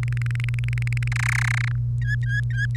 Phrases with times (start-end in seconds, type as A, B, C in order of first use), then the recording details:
0.03-1.08 A, 1.12-1.72 B, 2.01-2.77 C. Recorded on 1 May 2018 at 18:09. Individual llb3